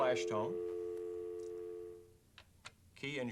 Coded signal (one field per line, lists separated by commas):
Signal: telephone call progress tone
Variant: North America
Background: speech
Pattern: dial tone